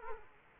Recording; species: mosquito wingbeat signal from an infrared sensor; Culex quinquefasciatus